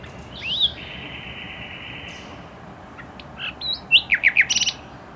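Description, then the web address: Common nightingale song: a whistled note and a drawn-out buzzy note, then a loud quick series of sharp notes over steady background noise. "pub SETE data Luscinia megarhynchos"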